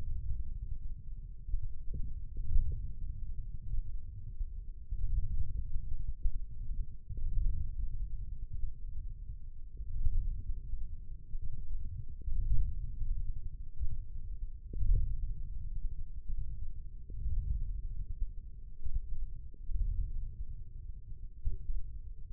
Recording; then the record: forearm muscle sounds (acoustic myography)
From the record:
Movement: wrist flexion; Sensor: system 1, eight BSWA MPA416 microphones around the upper forearm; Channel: 2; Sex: male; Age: 20 years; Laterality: left